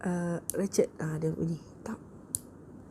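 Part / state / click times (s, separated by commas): ratchet knob on a micrometer screw gauge / torque reached / 2.3 s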